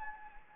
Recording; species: mosquito wingbeat signal from an infrared sensor; Anopheles gambiae